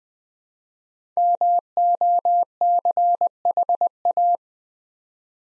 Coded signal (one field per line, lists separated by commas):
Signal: Morse code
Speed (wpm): 20 wpm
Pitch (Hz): 700 Hz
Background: none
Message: MOCHA